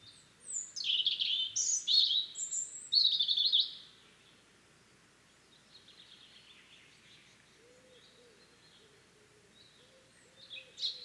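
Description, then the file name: European robin delivering a loud cluster of high warbling phrases, then quiet softer notes, a faint low hum, and a new phrase starting at the end. "Erithacus rubecula"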